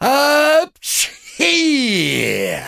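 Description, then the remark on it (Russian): A voice mimics a loud sneeze: a strained, drawn-out inhale-like cry, a sharp hissing burst, then a long wavering voiced wail that slowly falls in pitch. “И он чихнул так, что пепел поднялся столбом в очаге.”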